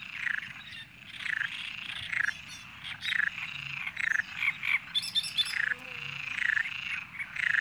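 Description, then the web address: Frogs croaking in a dense, continuous chorus of rattling, rasping calls, with brief higher chattering notes midway. "Natures Songs. Frogs"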